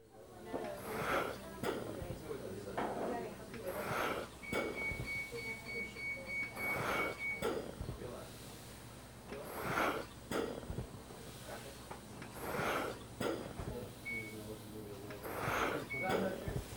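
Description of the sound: Regular mechanical breath cycles, about 21 a minute, each a rising and falling hiss of airflow with clicks, plus brief high tonal beeps. This is a hospital mechanical ventilator heard at the machine end.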